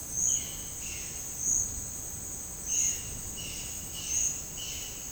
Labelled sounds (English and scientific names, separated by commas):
Violaceous Jay (Cyanocorax violaceus)